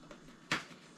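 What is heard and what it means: While a WORX 40V WG927E cordless grass trimmer is being assembled, a plastic guard, likely the safety guard, is pushed onto the plastic trimmer head. A faint tick at 0.1 s is followed by one sharp click at 0.5 s as the guard seats in place.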